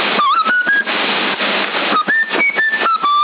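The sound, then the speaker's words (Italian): The Addams Family TV theme tune, whistled: a short run of clear, fairly high notes stepping up and down in a bouncy phrase, pausing midway, heard over a constant loud hiss. “Sì, quella che abita accanto a me ce l'ha, fa quello della famiglia Adams.”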